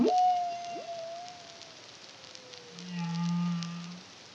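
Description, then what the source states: Humpback whale song: a long tonal moan that slides slowly downward, then a lower, steady buzzy hum with faint higher tones above it. Song, recorded in the Caribbean (CARIMAM) in 2023.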